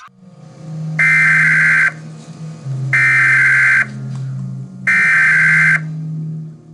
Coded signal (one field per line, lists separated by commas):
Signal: Emergency Alert System (SAME) tones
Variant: header bursts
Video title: EAS Tornado Warning interrupts The Mr. Men Show on Small Pop USA (2012)